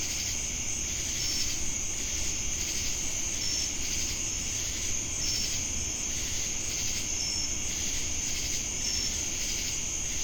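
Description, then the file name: Crickets chirping: a continuous shrill, high trill runs throughout, with short pulsed chirps repeating roughly every two seconds over a low background rumble. Jamestown, North Carolina, August 10, 2018. "Crickets And Sacadas Jamestown NC"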